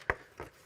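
A PC component is lined up and pressed lightly into its slot or mount in a gaming PC build, and it pops into place with one sharp click at 0.1 s, followed by a softer knock at about 0.4 s. The part is seated with a good, quality click, unlike earlier semi-terrible ones.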